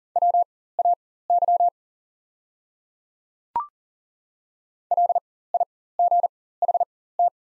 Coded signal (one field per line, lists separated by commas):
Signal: Morse code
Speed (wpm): 39 wpm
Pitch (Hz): 700 Hz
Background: none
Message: WAY LIGHT